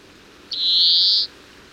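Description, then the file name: European greenfinch giving one long, nasal, buzzy wheeze lasting under a second, held level before stopping abruptly. "Chloris chloris"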